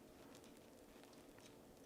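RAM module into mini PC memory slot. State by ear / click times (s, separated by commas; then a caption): not seated / none. A laptop-style RAM stick is flipped over and its notch is lined up with the key in the memory slot of an Intel NUC mini PC. Only faint handling ticks are heard, around 0.4, 0.6, 1.0 and 1.4 seconds. The module has not been pushed down or clicked into place yet.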